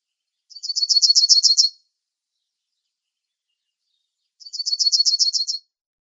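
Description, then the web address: Yellowhammer song phrases: a fast high run of about ten dry notes, given twice roughly four seconds apart, without the usual long final note. "Schulze Peter Yellowhammer song"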